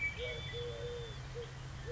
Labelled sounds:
Eurasian Collared Dove (Streptopelia decaocto)
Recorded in Sonoma County, California

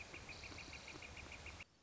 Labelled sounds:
Northern Flicker (Colaptes auratus)
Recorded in Sonoma County, California

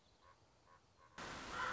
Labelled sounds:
Common Raven (Corvus corax)
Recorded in Sonoma County, California

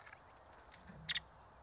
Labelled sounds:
Nuttall's Woodpecker (Dryobates nuttallii)
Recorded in Sonoma County, California

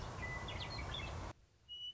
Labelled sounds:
Western Meadowlark (Sturnella neglecta)
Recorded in Sonoma County, California

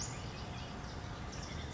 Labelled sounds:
Western Flycatcher (Empidonax difficilis)
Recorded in Sonoma County, California

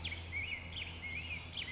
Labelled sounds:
Black-headed Grosbeak (Pheucticus melanocephalus)
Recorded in Sonoma County, California

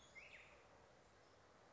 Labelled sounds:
Black-headed Grosbeak (Pheucticus melanocephalus)
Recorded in Sonoma County, California

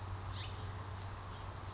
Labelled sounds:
Western Flycatcher (Empidonax difficilis)
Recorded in Sonoma County, California

